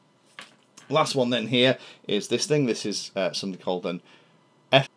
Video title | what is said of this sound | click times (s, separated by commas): RC Review: FrSky Compatible Receivers (from Banggood.com) | it goes on with a very positive click | 0.4 s